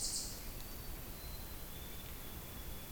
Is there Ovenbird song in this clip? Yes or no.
no